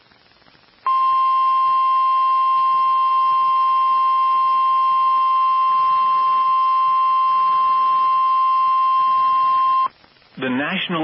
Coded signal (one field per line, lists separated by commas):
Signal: Emergency Alert System (SAME) tones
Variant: 1050 Hz attention tone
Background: speech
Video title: LA TOA EAS #811 (First Severe Weather Watch Of 2025)